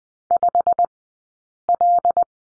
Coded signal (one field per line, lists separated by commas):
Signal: Morse code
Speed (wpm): 20 wpm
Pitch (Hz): 700 Hz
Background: none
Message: 5L